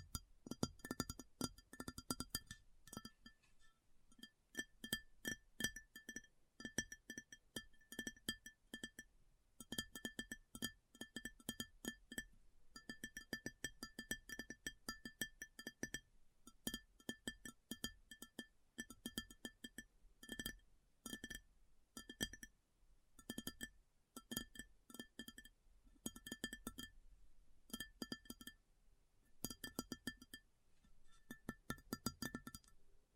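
Rapid ASMR tapping on a hard, glassy surface, with bright clinking clicks in dense bursts separated by brief pauses throughout.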